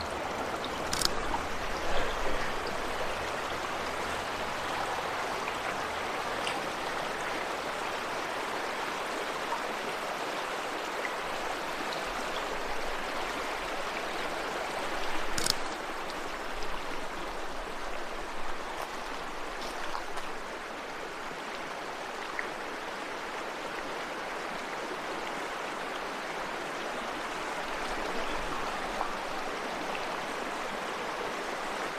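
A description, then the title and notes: A creek rushes steadily past its banks, a dense, even wash of water that stays fairly bright from start to finish. A couple of sharp clicks stand out near one second and again around fifteen seconds, with a faint low rumble underneath. Field Recording: Laurel Creek in the Great Smoky Mountains. A field recording from a recent landscape photography trip to the banks of Laurel Creek in the Great Smoky Mountains National Park in eastern Tennessee.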